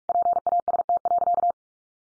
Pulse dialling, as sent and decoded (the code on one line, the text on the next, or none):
none